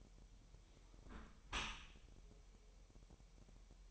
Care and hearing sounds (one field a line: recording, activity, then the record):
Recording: daily activity, microphone in the room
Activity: close dishwasher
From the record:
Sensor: 1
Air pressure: 1000.6 hPa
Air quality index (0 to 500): 249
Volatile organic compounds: 148 ppm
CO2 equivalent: 4016 ppm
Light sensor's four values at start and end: 12/28/11/12 and 11/28/11/12